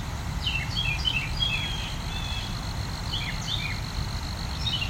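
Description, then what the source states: Carolina wren giving quick runs of slurred whistled notes in several short bursts, with a continuous low rumble and insect hum underneath. Wren seems to be practicing many calls and songs in a continuous chain, a barrage of songs and calls.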